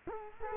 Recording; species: mosquito wingbeat signal from an infrared sensor; Culex quinquefasciatus